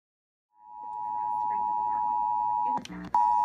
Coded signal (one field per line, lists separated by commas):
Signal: Emergency Alert System (SAME) tones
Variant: 853 and 960 Hz attention tone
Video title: PA Required Monthly Test (11/15/18)